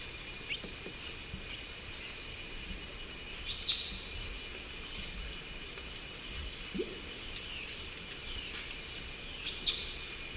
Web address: Nature Songs S America Eastern Lowlands - Tyrannopsis sulphurea, call